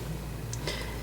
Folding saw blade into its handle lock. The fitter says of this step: it locks in place no loose movement